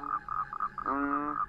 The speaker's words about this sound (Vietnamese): Cho đến khi chừng quá nửa đêm, bất giác tiếng cóc nhái nó kêu ở đâu, làm cho thằng Trung giật mình tỉnh giấc. Quái lạ, cóc nhái đâu mà kêu nhiều thế?